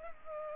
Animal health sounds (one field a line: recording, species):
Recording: mosquito wingbeat signal from an infrared sensor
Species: Culex pipiens